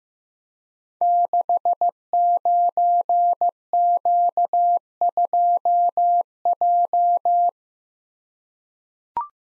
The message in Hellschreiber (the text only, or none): none